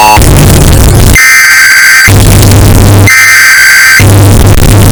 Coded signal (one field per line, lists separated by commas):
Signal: Emergency Alert System (SAME) tones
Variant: header bursts